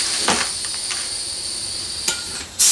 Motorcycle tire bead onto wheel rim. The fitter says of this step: did hear it pop